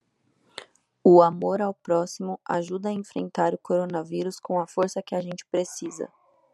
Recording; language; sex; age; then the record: spoken sentence; Brazilian Portuguese; female; 20 to 29 years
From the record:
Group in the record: control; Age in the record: 25 years